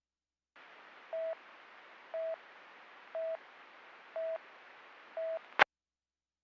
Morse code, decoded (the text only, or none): none